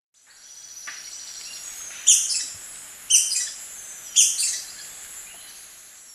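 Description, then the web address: Slaty-capped flycatcher call, three sharp, high notes about one second apart, with a thin, steady high whine behind. Recorded in Ecuador. "Natures Songs S America Birds of Ecuador Slaty-capped Flycatcher"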